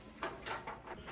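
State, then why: Not seated. A plastic cover is being handled over a washer lid lock assembly, lined up so its stub goes into the hole before it is pushed straight down onto the lock. Short bursts of plastic scraping and rubbing come through, with the sharpest at about 0.2 s and 0.7 s. Nothing has seated or clicked yet.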